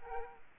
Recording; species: mosquito wingbeat signal from an infrared sensor; Aedes aegypti